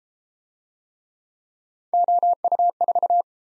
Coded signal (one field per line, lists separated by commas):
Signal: Morse code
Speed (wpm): 28 wpm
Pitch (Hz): 700 Hz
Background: none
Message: OU4